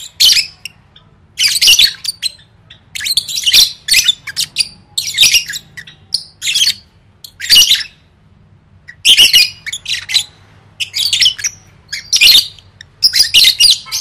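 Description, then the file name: Lovebird chatter: repeated bouts of shrill, scratchy squawks and sharp chirps, many bursts with short gaps. "tieng vet mau don"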